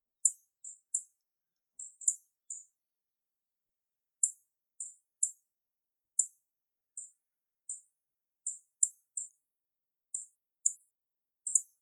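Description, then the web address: Yellow-throated bunting giving short, very high, thin tick notes, single or paired, scattered irregularly with gaps, otherwise silent. "miyamahoojiro"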